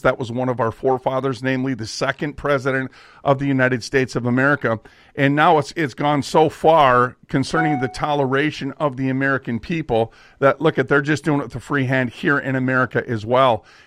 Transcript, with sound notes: That was one of our forefathers, namely the second president of the United States of America.
And now it's, it's gone so far concerning (computer dings) the toleration of the American people that, look it, they're just doing it with a free hand here in America as well.